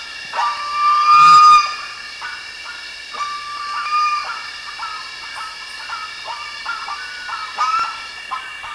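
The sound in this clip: Bird calls: short whistled notes near one pitch, some held and some clipped, repeating irregularly over a steady high buzzing background, with a louder burst early on.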